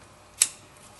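On a 2011 Toyota Tacoma, the second ignition coil is pushed onto its spark plug in the cylinder head. A single sharp, bright snap sounds at 0.4 s, fading quickly against a quiet background. The coil is seated and locked in.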